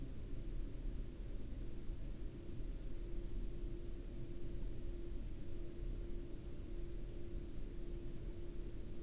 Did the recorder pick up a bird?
no